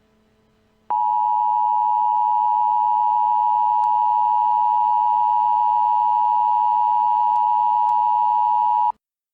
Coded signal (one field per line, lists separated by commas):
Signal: Emergency Alert System (SAME) tones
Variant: 853 and 960 Hz attention tone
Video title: EAS test for a small game event in GMOD